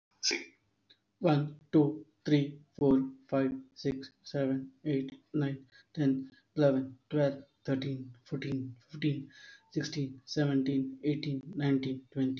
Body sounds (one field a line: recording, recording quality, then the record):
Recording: counting at a normal pace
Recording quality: excellent, no background noise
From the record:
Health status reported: respiratory illness, not identified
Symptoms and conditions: hypertension, diabetes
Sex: male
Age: 31 years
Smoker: not ticked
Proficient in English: yes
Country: India